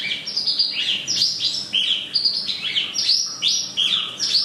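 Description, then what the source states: Chinese hwamei song: a rapid stream of loud, varied whistled notes that sweep up and down, delivered in quick bursts with almost no pause. For training cage birds.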